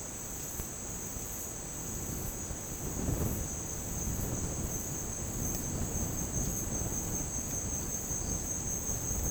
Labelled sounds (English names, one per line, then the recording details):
none
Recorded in dense forest near Puerto Asís, Putumayo, Colombia, on 25 June 2025 at 10:30
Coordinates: 0.486, -76.317
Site G065